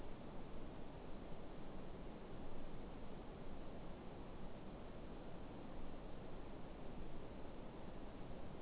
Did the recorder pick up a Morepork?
no